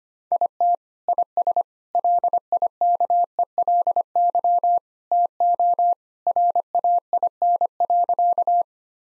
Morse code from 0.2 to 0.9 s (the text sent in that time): IT